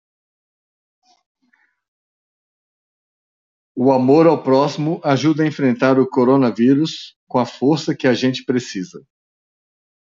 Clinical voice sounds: spoken sentence; Brazilian Portuguese; male; 50 to 59 years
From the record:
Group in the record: control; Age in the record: 59 years

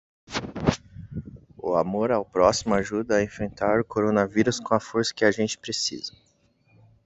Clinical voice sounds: spoken sentence; Brazilian Portuguese; male; 20 to 29 years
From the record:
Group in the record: control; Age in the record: 25 years

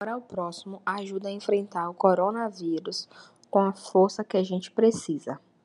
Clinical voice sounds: spoken sentence; Brazilian Portuguese; female; 20 to 29 years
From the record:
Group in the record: control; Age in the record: 24 years

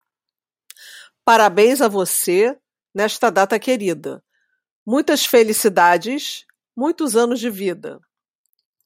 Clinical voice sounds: short text; Brazilian Portuguese; female; 50 to 59 years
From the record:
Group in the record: control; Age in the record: 55 years

